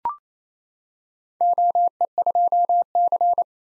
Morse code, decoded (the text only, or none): OE2C